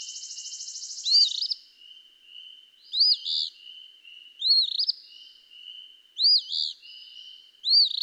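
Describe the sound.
Eastern phoebe song, a scratchy rising-and-falling phrase repeated several times over a thin steady buzz, starting with a brief buzzy burst.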